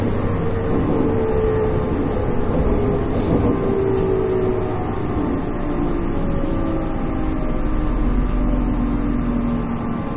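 Running sound of a Series 813 electric train on a rapid service, a steady low rumble that stays dense and even for the whole ten seconds. Faint gliding motor tones rise and fall in the middle, with brief light rattles around three seconds.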